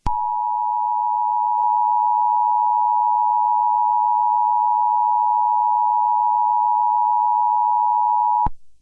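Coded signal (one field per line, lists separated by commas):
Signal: Emergency Alert System (SAME) tones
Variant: 853 and 960 Hz attention tone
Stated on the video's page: Valid EAS tones in a fictional horror-themed emergency alert project.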